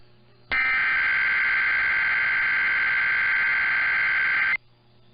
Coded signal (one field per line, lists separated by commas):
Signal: Emergency Alert System (SAME) tones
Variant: header bursts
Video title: Late Night Monthly and Weekly Tests (EAS #6362-6366) 4/15-16/22